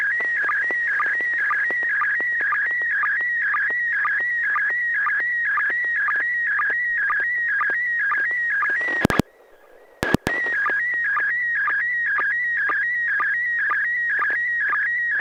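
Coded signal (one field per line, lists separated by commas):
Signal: SSTV (slow-scan television)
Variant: PD120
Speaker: well this is going to be pd 120 and should be coming up fairly quickly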